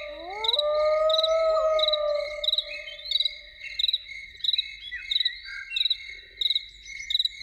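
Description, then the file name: Loon's long wail sweeps up and holds, fading after a few seconds, while insects chirp in a steady pulsed rhythm. Loons heard in the evening. "Evening with Loons"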